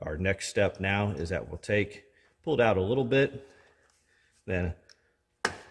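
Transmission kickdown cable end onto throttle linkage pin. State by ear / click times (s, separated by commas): seated / 5.4 s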